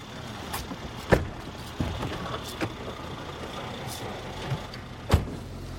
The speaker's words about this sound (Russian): Машина едет по узкой дорожке вдоль полей.